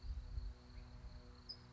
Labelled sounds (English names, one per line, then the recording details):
California Towhee
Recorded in Sonoma County, California